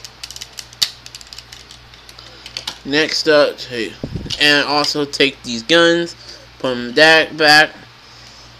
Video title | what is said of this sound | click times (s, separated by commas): Transformers cybertron Buzzsaw | and then bend it, and then you're going to hear a click. | 0.8 s